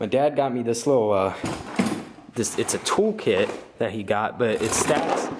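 Someone talks while handling a section of a stackable rolling toolkit, about to set it onto the rolling toolkit base below, where it is meant to lock in place. Nothing has seated or clicked yet; the clip ends just before the section goes home.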